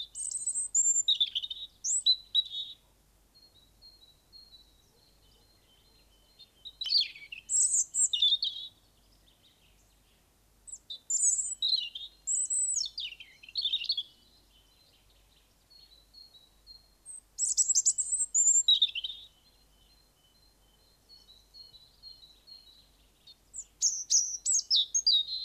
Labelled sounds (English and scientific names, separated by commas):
European Robin (Erithacus rubecula) song